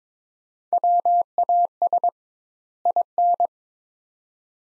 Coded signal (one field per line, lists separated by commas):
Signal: Morse code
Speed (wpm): 22 wpm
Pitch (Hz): 700 Hz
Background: none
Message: WAS IN